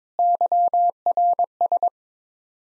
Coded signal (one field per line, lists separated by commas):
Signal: Morse code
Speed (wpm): 22 wpm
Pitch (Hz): 700 Hz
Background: none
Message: YRS